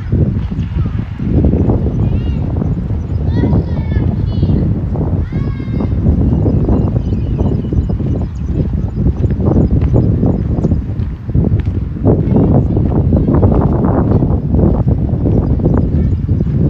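A walk in Modiin, Israel, with a dense, steady low rumble running the whole way through and a fairly regular clopping like footsteps. Brief high chirping calls stand out around three to six seconds, and snatches of voices come and go.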